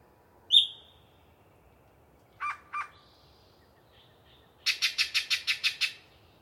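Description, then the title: Yellow-breasted chat song: a sharp whistle, two harsh chucks, then a fast series of several rattling notes. One particularly chatty bird giving a long pre-dawn song session in deciduous cover. "A Very Chatty Yellow-breasted Chat"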